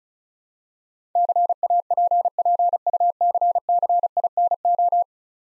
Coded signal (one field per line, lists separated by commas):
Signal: Morse code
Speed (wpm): 36 wpm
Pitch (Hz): 700 Hz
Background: none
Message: CAPPUCCINO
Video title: Easy Words with Hints - 35wpm